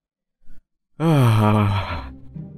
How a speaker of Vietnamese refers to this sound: Tôi vừa ngáp vừa lấy tay lên đập đập vào miệng để gợi nhớ lại cái tuổi thơ